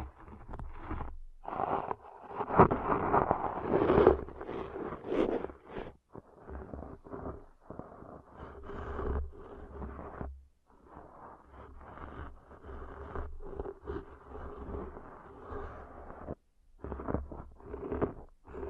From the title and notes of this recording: ASMR Deep 3D Ear Cleaning Intense & Realistic (No Talking).